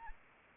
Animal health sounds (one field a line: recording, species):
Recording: mosquito wingbeat signal from an infrared sensor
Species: Anopheles arabiensis